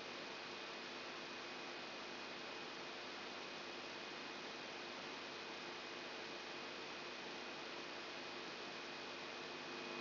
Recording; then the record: brain microelectrode recording played as sound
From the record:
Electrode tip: outside the subthalamic nucleus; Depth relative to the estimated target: -8 mm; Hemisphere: right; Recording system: AlphaMap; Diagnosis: Parkinson's disease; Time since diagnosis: 14 years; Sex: female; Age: 63 years